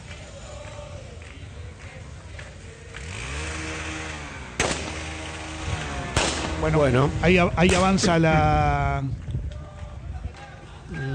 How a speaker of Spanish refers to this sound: ¿O era una moto? No, era una moto con problemas de motor. Sí. Era una moto con problemas de motor.